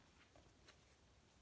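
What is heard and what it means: A sleep cover flap for a Kobo Forma e-reader is handled as it is folded open toward the back of the cover, where it is meant to snap into place so it doesn't slide around. Only a low, steady background hiss is heard, with faint soft ticks around 0.2 and 0.35 seconds and a slightly stronger brief tick near 0.7 seconds. The flap has not snapped or seated yet when the clip ends.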